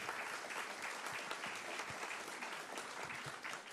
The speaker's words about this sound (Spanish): Yo quiero pedir un voto de aplauso fuerte para ella, porque simplifica ella el ejemplo de la perseverancia.